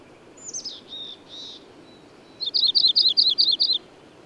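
Bird singing quiet slurred notes, a pause, then a loud rapid burst of high, sharp chirps.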